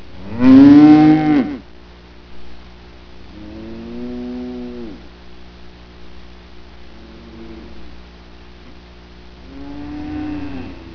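Cow: cattle lowing, opening with a loud moo, followed by three softer moos spaced a few seconds apart against a low constant rumble.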